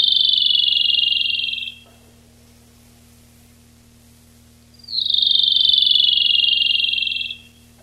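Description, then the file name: Rufous-tailed robin giving two slightly descending rattled trills, the first already under way at the start, with a quiet gap of roughly three seconds between them. Recorded 19–22 July 1991. "Lsibilans 3 19-22 07 91"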